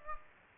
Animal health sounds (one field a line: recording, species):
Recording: mosquito wingbeat signal from an infrared sensor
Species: Aedes aegypti